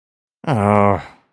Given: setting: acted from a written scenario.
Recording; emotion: vocal sound without words; disappointment